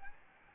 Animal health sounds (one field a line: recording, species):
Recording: mosquito wingbeat signal from an infrared sensor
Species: Aedes albopictus